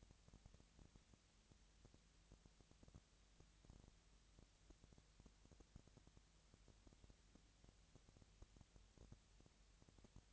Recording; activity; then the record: daily activity, microphone in the room; no activity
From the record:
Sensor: 3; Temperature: 20.6 degrees Celsius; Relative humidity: 35.7%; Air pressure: 998.8 hPa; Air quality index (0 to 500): 236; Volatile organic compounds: 72 ppm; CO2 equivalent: 3536 ppm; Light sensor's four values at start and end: 2/3/2/2 and 2/3/2/2